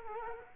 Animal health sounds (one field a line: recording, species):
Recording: mosquito wingbeat signal from an infrared sensor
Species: Culex quinquefasciatus